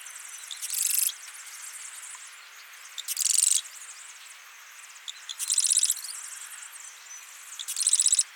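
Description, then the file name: Marsh wren, four rapid buzzy rattles spaced a little over two seconds apart, over a constant high hiss. "Cistothorus palustris - Marsh Wren"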